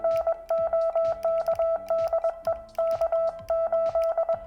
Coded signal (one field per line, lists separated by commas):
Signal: Morse code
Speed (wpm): 21 wpm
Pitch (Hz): 660 Hz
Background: none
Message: NOKDE K 8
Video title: Xiegu X6100 HF-6 Meter Ham Radio Review Part 2 | The Bad & The Ugly